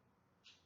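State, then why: Released. A plastic retaining clip on the back cover of a Galaxy A10e (2019) smartphone pops open at 0.5 s as a fingernail pries the cover at the corner notch. The clip releases with a short, bright click, standing out from a quiet, steady background.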